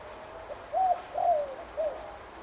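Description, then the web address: Spotted dove cooing one phrase: a level hoot, a longer downslurred coo, then a brief final note, over a quiet hissing background. "Sound Effects-Foundation 1 BIRD SPOTTED TURTLE DOVE CALL"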